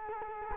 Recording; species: mosquito wingbeat signal from an infrared sensor; Culex quinquefasciatus